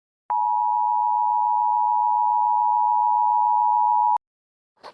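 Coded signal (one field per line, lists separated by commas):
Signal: Emergency Alert System (SAME) tones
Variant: 853 and 960 Hz attention tone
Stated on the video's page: Fictional mock EAS scenario with simulated alert tones.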